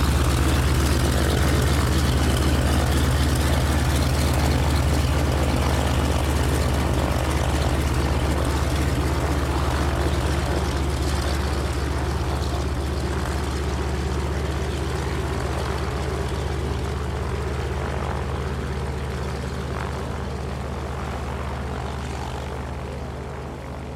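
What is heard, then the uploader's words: A propeller plane's engine runs with a loud, rough, clattering drone, its deep low throb steady throughout. A dense rattling texture rides on top, with slight shifts in pitch as it idles or taxis, fading a little toward the end. De Havilland Canada DHC-2 Beaver startup, taxi. Seattle has an airport in the heart of the city: a water-port for the seaplanes of Kenmore Air. Beavers, such as this one, have piston-drive engines, and really sell that great old-clanky-propeller-plane sound. SD702 Mid: MKH8060 Side: MKH30.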